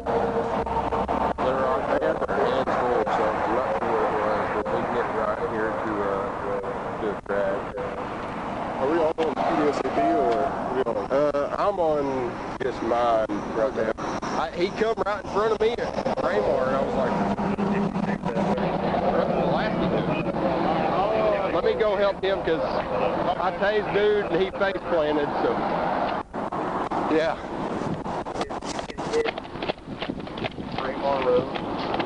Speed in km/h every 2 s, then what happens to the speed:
0, 0, 0, 0, 0, 0, 0, 0, 0, 0, 0, 0, 0, 0, 0, 0.
0-32 standing.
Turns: none.